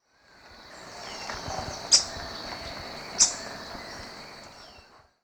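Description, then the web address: Montane Foliage-gleaner giving two sharp, high clicked notes about a second apart, over steady hiss and a constant high insect-like whine. Recorded in Ecuador. "Birds of Ecuador. Montane Foliage-Gleaner"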